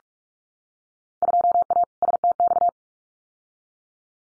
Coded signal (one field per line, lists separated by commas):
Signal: Morse code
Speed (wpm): 46 wpm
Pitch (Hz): 700 Hz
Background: none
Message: 2A STX